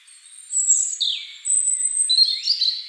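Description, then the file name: European robin song: a high, thin whistle, then a falling slurred note, another long high thin note and a quick warbled flourish at the end. "Erithacus rubecula"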